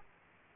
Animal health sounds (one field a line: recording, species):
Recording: mosquito wingbeat signal from an infrared sensor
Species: Aedes aegypti